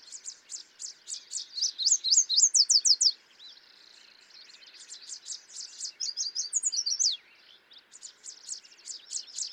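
Yellow warbler: a loud, rapid run of clear high notes, then a second phrase, with steady chirping of other birds in the background.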